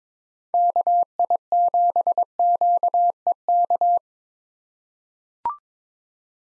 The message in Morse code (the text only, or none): KI7QEK